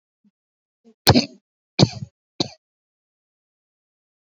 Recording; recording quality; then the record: shallow voluntary cough; excellent, no background noise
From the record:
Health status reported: recovered from COVID-19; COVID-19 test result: negative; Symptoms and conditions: cough, cold, breathing difficulty, fever, hypertension, diabetes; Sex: male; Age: 53 years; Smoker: not ticked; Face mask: not worn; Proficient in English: yes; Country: India